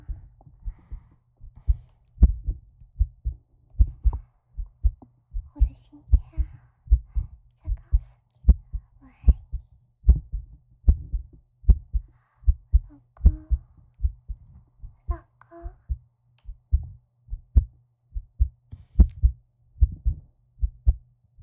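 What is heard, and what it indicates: Steady, muffled low thumps repeat at about 76 a minute, the familiar lub-dub of an adult woman's heartbeat heard close against her chest, as if lying in her arms listening. Faint rustling sounds occur in the background, but no speech is heard in this stretch.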